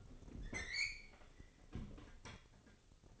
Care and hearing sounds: daily activity, microphone in the room; open fridge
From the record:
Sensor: 4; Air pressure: 996.0 hPa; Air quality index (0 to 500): 66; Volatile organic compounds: 2 ppm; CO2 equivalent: 1184 ppm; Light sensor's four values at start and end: 12/33/12/13 and 12/33/12/13

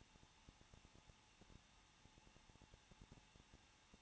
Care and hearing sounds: daily activity, microphone in the room; no activity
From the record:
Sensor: 1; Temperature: 20.1 degrees Celsius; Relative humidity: 39.2%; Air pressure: 1006.3 hPa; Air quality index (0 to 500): 218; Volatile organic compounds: 78 ppm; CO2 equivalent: 3594 ppm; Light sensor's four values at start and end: 1/2/1/1 and 1/2/1/1

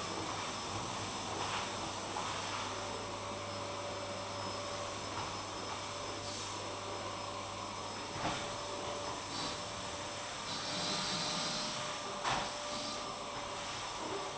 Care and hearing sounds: daily activity, microphone in the room; vacuum cleaning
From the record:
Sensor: 1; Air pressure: 1011.9 hPa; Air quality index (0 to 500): 239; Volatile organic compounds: 6 ppm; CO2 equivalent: 1899 ppm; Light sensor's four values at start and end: 9/22/9/10 and 9/21/9/9

